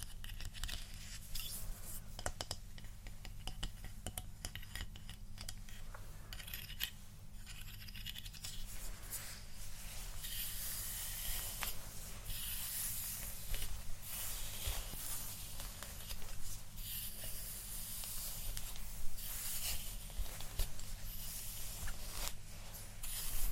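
Hair being brushed and combed makes a dense, steady hiss of scratchy strokes that runs through the whole recording, growing a bit brighter and fuller after the middle. A low, even hum sits underneath throughout, with occasional sharper scrapes near the end.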